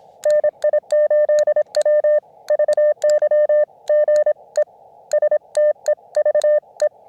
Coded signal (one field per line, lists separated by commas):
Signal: Morse code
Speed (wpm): 26 wpm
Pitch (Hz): 600 Hz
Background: none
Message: NI8W VY GE STEVE